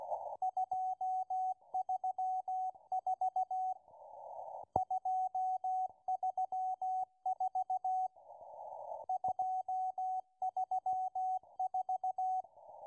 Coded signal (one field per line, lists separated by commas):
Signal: Morse code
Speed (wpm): 16 wpm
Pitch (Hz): 750 Hz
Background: radio noise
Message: 234 234 234